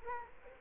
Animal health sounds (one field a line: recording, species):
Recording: mosquito wingbeat signal from an infrared sensor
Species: Culex quinquefasciatus